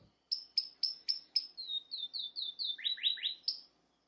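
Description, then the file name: Canary song phrase: a string of sharp high notes repeated about four per second, shifting into lower downward-slurred notes, then one final high note. "Canary Voice"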